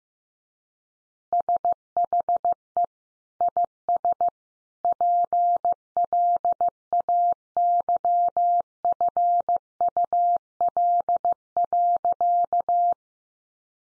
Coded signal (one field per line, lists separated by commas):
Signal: Morse code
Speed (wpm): 15 wpm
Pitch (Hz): 700 Hz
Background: none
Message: SHE IS PLAYFUL.